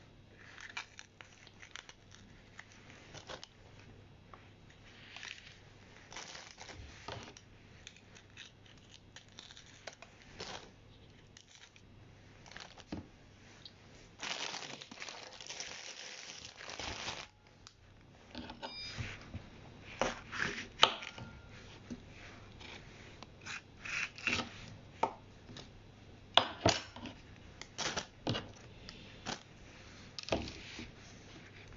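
Everyday household sounds: scattered clicks, taps and light clatter over a steady low hum. A longer rustling, crunching patch comes around 14–17 seconds, and after that the knocks and clacks grow more frequent and sharper until the end.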